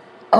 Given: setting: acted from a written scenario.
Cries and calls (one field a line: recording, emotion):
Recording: vocal sound without words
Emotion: pain